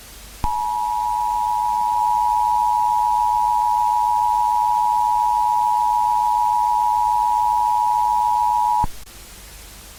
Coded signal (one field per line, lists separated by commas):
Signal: Emergency Alert System (SAME) tones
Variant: 853 and 960 Hz attention tone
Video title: My first eas READ THE DESCRIPTION